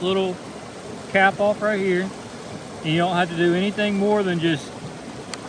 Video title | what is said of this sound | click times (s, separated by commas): Camplux nano 3 pro | push it on there until it clicks. | 5.3 s